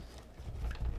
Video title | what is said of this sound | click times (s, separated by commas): Headlamp Versatility | okay oh there's a click I think you have to press this down and there go there it pops okay | 0.7 s